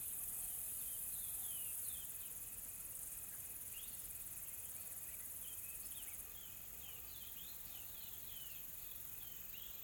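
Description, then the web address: Insects, a constant high drone that drops slightly after two seconds, with frequent bird chirps and a faint rapid pulsing tone. Calm, soft insect ambience in a tropical forest in South Africa. "Smart Sound FX - Nature South Africa AMBIENCE Additional Tropical Forest Soft Insects Calm"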